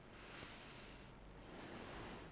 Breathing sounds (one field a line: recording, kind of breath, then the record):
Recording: one breath in and out by a microphone near the nose and mouth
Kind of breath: deep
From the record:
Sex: female